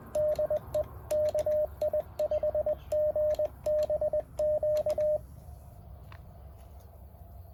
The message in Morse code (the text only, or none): DE KI5GBQ